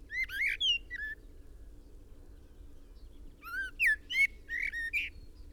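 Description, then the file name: Common blackbird singing: a mellow whistled phrase with a scratchy high flourish, a long pause, then a longer run of rich warbled notes and twittering ends. "Turdus merula"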